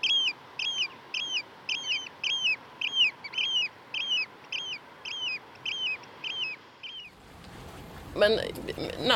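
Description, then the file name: Eurasian oystercatcher calls: shrill, arched 'kleep' notes repeated about twice a second for seven seconds, followed by a burst of noise. "strandskata"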